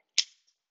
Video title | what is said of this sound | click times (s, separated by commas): How to Setup Your Primal 7 | and do a little click you'll hear that snap into place | 0.2 s